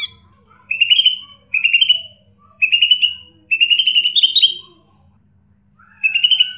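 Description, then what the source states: Bird song of repeated short trilled whistled phrases, several in a row with brief gaps, then a lower slurred note and one more trill. Chirping bird song compiled to train and tutor pet birds.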